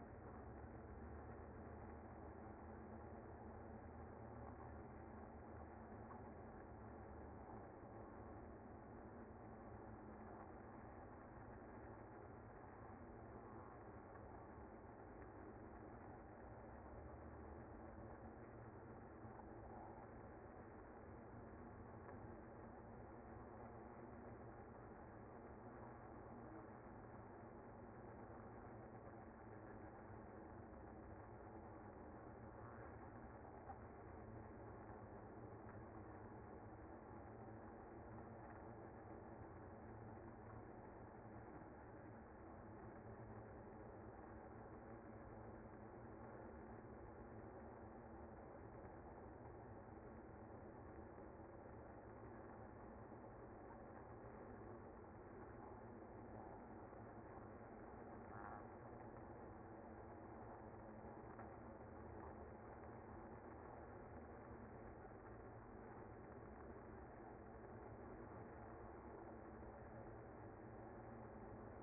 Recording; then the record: honeybee colony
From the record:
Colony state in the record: active